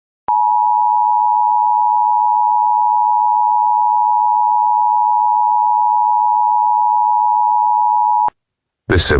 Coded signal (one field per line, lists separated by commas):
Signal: Emergency Alert System (SAME) tones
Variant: 853 and 960 Hz attention tone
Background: speech